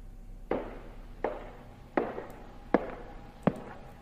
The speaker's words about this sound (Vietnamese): Chính là nó lại quay lại. Tiếng bước chân đấy, tiếng bước chân mà tôi đã nhớ từng nhịp của nó đập trên sàn gỗ, lại quay lại.